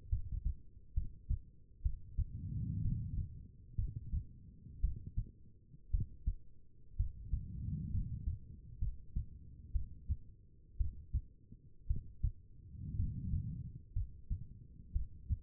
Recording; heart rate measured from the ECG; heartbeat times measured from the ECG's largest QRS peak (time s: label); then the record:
heart sounds by stethoscope; 61 bpm
0.09 s: heartbeat
0.94 s: heartbeat
1.82 s: heartbeat
2.82 s: heartbeat
3.76 s: heartbeat
4.81 s: heartbeat
5.91 s: heartbeat
6.96 s: heartbeat
7.91 s: heartbeat
8.79 s: heartbeat
9.72 s: heartbeat
10.77 s: heartbeat
11.87 s: heartbeat
12.96 s: heartbeat
13.93 s: heartbeat
14.93 s: heartbeat
From the record:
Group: healthy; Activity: rest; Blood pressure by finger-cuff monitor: 92/63 mmHg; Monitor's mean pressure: 71 mmHg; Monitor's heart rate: 61 bpm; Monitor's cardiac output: 4.5 L/min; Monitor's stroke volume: 72 mL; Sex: female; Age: 36 years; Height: 163 cm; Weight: 88 kg